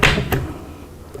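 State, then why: Seated. A 12 gauge shotgun shell is pushed into the double stack detachable box magazine of a Mossberg 590M shotgun until its rim sits fully back. After a burst of handling noise at the start, a short, sharp click or pop sounds at 0.3 s as the shell pops into place, followed by quiet and a faint tick at 1.2 s. The shell is seated.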